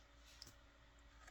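A plastic hand piece is pushed onto the arm of a Mastermind Creations Seraphicus Prominon transforming robot figure, giving two short clicks at 0.4 s and 1.3 s over a quiet background. The hand clips onto the arm and seats in place.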